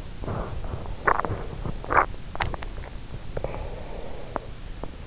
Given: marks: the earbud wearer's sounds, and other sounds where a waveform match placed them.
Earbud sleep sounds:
sounds in sleep by an in-ear microphone; teeth grinding
0.00-4.72 s: teeth grinding

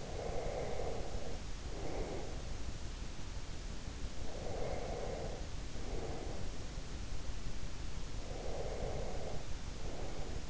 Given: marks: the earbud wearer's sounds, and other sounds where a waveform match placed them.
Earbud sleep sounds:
sounds in sleep by an in-ear microphone; breath
0.00-2.56 s: breath
4.16-6.79 s: breath
8.25-10.50 s: breath

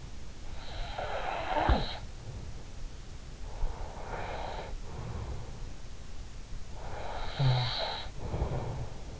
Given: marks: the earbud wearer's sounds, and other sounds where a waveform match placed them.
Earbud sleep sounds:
sounds in sleep by an in-ear microphone; snoring breath, breath
0.51-2.74 s: snoring breath
3.37-5.77 s: breath
6.57-9.20 s: snoring breath

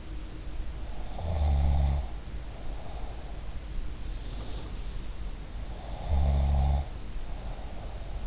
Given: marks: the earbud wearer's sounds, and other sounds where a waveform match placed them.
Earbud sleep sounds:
sounds in sleep by an in-ear microphone; snoring breath
0.93-3.50 s: snoring breath
5.77-8.27 s: snoring breath

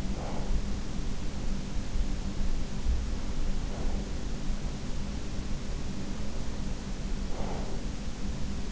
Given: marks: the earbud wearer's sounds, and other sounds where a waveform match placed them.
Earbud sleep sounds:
sounds in sleep by an in-ear microphone; breath
0.00-0.87 s: breath
3.67-4.42 s: breath
6.92-8.05 s: breath

